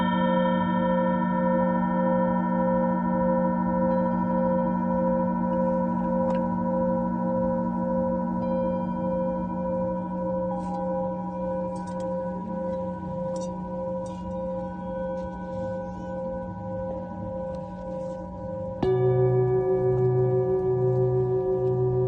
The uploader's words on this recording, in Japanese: メキシコから シンギングボウルのサウンドヒーリング。